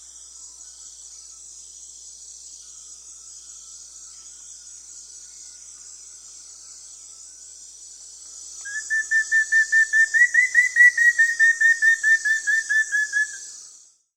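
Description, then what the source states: Rufous-fronted antthrush: after about eight seconds of constant high buzzing in the background, a rapid run of clear whistled notes begins, swelling and rising a little before tapering off lower. Recorded in South America.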